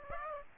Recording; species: mosquito wingbeat signal from an infrared sensor; Aedes aegypti